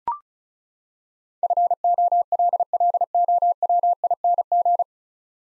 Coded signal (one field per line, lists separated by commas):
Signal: Morse code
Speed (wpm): 34 wpm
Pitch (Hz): 700 Hz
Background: none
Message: FOLLOWING